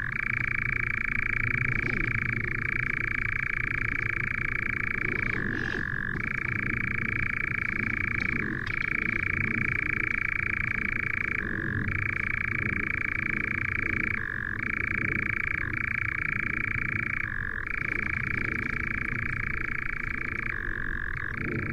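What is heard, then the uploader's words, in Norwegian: A nightjar churrs almost without pause, a steady, fast mechanical trill at a mid-high pitch. Every three seconds or so the churr briefly breaks or shifts, then resumes. A soft, uneven low rumble continues underneath throughout. Lyden av en nattravn by forskningno.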